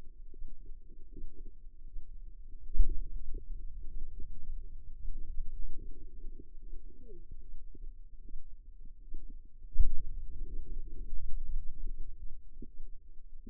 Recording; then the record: forearm muscle sounds (acoustic myography)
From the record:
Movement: finger pinch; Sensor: system 2, bracelet of six BSWA MPA416 microphones around the upper forearm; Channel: 1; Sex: female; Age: 25 years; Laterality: right